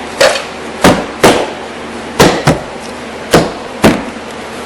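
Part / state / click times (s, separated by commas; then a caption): door trim panel clips into car door / seated / 0.9 s, 1.2 s, 2.2 s, 2.5 s, 3.8 s. On a 2002 Toyota Corolla, with the side mirror being replaced, the plastic door trim panel is lined up and pressed back onto the metal door. Its retaining clips snap into place with sharp clicks at 0.9, 1.2, 2.2, 2.5 and 3.8 seconds, with other short knocks in between. The panel ends up seated, its clips snapped into the door.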